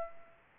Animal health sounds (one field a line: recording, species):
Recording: mosquito wingbeat signal from an infrared sensor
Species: Aedes aegypti